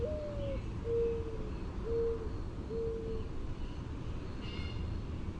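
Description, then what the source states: Mourning dove coo: a slightly higher sliding first note followed by three mellow, even hoots at one-second intervals, with steady low background hum. Cooing, with wing whistle made in flight.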